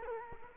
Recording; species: mosquito wingbeat signal from an infrared sensor; Culex quinquefasciatus